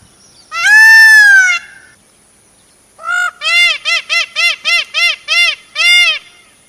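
Myna calls: a drawn-out harmonic squawk, then after a pause a run of several short, evenly spaced nasal notes, each arched in pitch.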